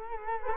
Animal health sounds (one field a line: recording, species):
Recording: mosquito wingbeat signal from an infrared sensor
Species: Culex quinquefasciatus